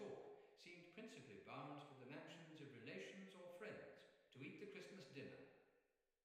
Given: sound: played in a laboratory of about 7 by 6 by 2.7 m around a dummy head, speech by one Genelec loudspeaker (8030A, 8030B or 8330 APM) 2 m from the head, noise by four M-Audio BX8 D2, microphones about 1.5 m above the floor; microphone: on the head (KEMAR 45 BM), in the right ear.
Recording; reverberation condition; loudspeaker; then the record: male speech in English; high; in front (0 degrees)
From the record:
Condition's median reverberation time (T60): about 1300 ms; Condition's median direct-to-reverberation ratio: about -4.0 dB